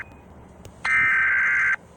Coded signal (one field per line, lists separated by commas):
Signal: Emergency Alert System (SAME) tones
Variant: header bursts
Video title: EAS online dater